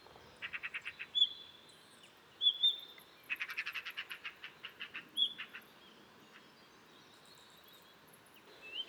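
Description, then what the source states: Blue rock thrush calls: bursts of hard, rapid clicking notes, with a few thin high whistles between them. In a cliff at Dentelles de Montmirail, 12 March 2020, 7:25; alarm calls from daybreak, then sings all morning to mark territory, changing perches; Nagra Seven, Telinga Pro7.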